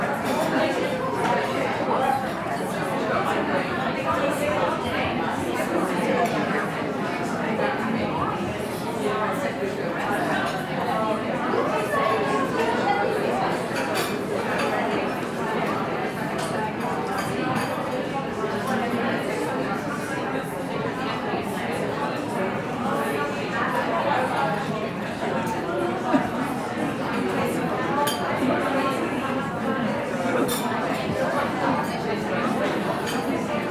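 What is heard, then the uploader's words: Steady coffee shop ambience, a dense blur of many overlapping voices talking at once with no single speaker standing out. The murmur holds an even level throughout, with small clinks and taps of cups and dishes scattered across the indoor room. Ambient Coffee Shop Sound.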